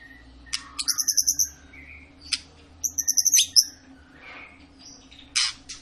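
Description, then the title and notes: White-rumped shama song: rapid high trilled notes in two quick bursts, a few whistles and scratchy calls, with a faint steady hum behind. Long lure recording of a shama singing vigorously (gacor), used to prompt other birds to sing. "Murai Batu Gacor Panjang. muraiku"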